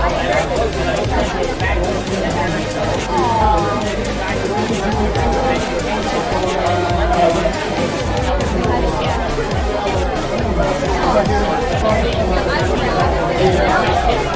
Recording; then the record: background sound without coughing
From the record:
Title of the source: Nightlife Party Simulating Party Club Noise 1 Hour